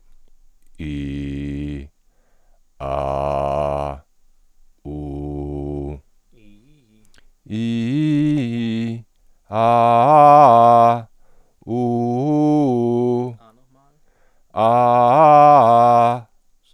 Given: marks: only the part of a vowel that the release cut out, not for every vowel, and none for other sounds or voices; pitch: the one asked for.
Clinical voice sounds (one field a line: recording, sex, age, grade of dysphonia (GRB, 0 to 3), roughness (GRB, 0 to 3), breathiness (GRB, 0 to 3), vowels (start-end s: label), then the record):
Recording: sustained vowels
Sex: male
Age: 30 to 39 years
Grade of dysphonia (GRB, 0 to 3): 0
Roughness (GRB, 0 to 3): 0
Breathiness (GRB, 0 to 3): 0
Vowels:
0.88-1.77 s: vowel /i/, low pitch
3.02-3.77 s: vowel /a/, low pitch
5.08-5.77 s: vowel /u/, low pitch
7.53-8.77 s: vowel /i/, low-high-low pitch
11.76-13.12 s: vowel /u/, low-high-low pitch
14.60-16.00 s: vowel /a/, low-high-low pitch
From the record:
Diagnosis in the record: functional dysphonia, superior laryngeal neuralgia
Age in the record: 37 years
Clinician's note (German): "Kontaktpachydermie ohne Kontaktpachydermie" nach Strumektomie